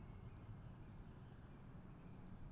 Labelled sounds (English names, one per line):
Song Thrush